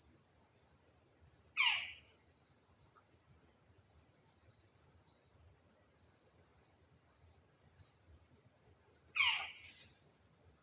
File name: AUSTRALIAN OWLET NIGHTJAR